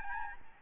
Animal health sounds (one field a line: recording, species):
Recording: mosquito wingbeat signal from an infrared sensor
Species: Aedes albopictus